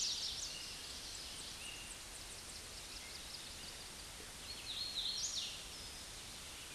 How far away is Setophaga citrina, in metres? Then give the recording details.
about 35 m. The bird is about 15 m above the microphone. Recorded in a Pennsylvania forest on 16 May 2024 at 09:56. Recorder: AudioMoth, point MSD-1482. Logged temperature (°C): 15.6 °C. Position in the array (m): 150 m, 147 m